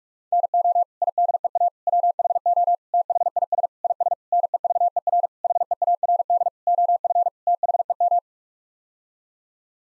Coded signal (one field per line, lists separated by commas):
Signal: Morse code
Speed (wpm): 47 wpm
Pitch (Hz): 700 Hz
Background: none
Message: NO IDEA WHO THIS IS NEVER HEARD OF THEM